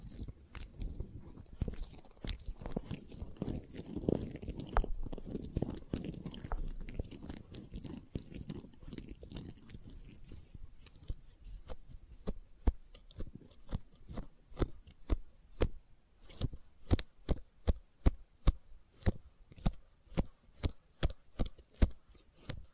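Experimental test tube triggers: dense, rumbling rustles and clicks for ten seconds, then crisp, regular taps about twice a second over a faint high whine.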